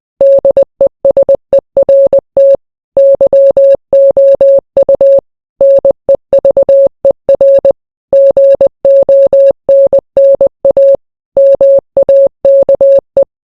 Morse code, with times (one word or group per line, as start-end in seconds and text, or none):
0.2-2.5 DESERT
3.0-5.2 YOU
5.6-7.7 NEVER
8.1-10.9 GONNA
11.4-13.2 MAKE